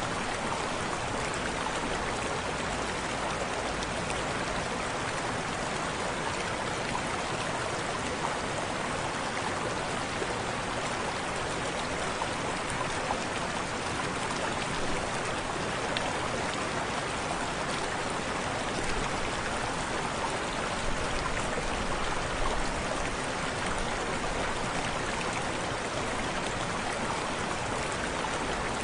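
A small natural waterfall pours steadily, a dense, even rush of splashing water spread from low to bright tones, unchanging throughout.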